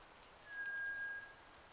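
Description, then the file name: White's thrush giving one long, thin, level whistle, held for under a second against a soft, steady background hiss. Sung at night, 02:44, on 31 May 2009. "toratugumi-20090531-0244"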